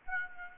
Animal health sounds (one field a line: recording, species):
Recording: mosquito wingbeat signal from an infrared sensor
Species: Aedes aegypti